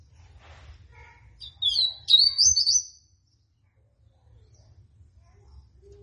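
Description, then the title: Seedeater delivering one loud, rapid phrase of sharp high notes after a few soft lead-in chips, then quiet low hum. Tui tui song style; bird described as 'fibra'. "COLEIRO DE GOLA TUI TUI FIBRA"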